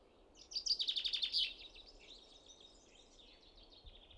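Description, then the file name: Common chaffinch giving a loud burst of bright, rapidly repeated high notes for about a second, trailing into softer, fading notes, over background noise. "Fringilla coelebs"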